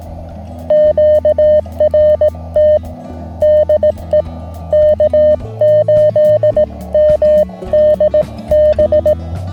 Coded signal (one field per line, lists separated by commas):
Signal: Morse code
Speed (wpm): 18 wpm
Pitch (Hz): 590 Hz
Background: music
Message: QRT DE K8MDB